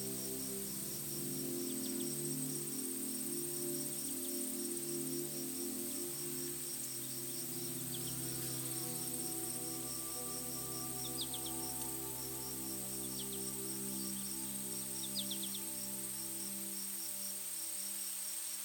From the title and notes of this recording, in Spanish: Sonido del BOSQUE aliado a una MÚSICA Calma. El suave murmullo de las hojas, el canto de los pájaros y el temblor de los árboles crean una sinfonía relajante. Este viaje sonoro se ve realzado por melodías suaves y relajantes.